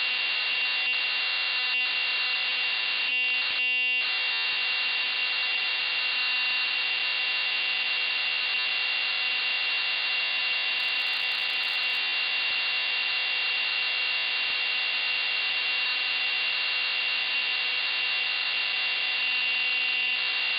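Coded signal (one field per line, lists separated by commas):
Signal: computer data on cassette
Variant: MSX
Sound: harsh continuous buzzing data screech with a steady whine, briefly interrupted near the start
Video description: I've included the tediously long cassette loading sequence, so you can get a feel for the horrible experience that comes with having to load games from cassettes on the MSX homecomputer.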